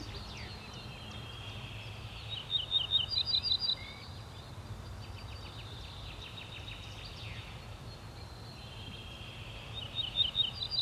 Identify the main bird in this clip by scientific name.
Emberiza hortulana